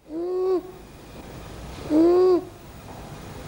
The stridor when the child has difficulty breathing in.